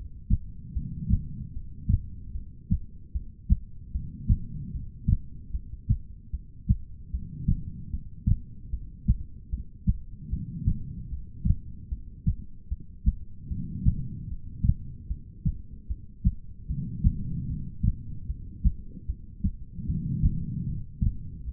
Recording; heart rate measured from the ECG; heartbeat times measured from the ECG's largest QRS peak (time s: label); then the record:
heart sounds by stethoscope; 75 bpm
0.73 s: heartbeat
1.53 s: heartbeat
2.33 s: heartbeat
3.12 s: heartbeat
3.92 s: heartbeat
4.72 s: heartbeat
5.51 s: heartbeat
6.31 s: heartbeat
7.11 s: heartbeat
7.90 s: heartbeat
8.70 s: heartbeat
9.50 s: heartbeat
10.30 s: heartbeat
11.09 s: heartbeat
11.89 s: heartbeat
12.69 s: heartbeat
13.48 s: heartbeat
14.28 s: heartbeat
15.08 s: heartbeat
15.87 s: heartbeat
16.67 s: heartbeat
17.47 s: heartbeat
18.27 s: heartbeat
19.06 s: heartbeat
19.86 s: heartbeat
20.66 s: heartbeat
21.45 s: heartbeat
From the record:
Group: heart failure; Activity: rest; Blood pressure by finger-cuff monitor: 111/83 mmHg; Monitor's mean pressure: 94 mmHg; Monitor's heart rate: 75 bpm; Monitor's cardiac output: 4.4 L/min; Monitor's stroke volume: 59 mL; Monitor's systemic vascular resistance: 1560 dyn s/cm5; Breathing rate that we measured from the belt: 19 breaths a minute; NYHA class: 2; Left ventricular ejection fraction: 58%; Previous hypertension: present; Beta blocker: bisoprolol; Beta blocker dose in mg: 5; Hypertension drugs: ramipril, spironolactone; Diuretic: furosemide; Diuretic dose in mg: 160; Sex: female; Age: 55 years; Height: 155 cm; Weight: 67 kg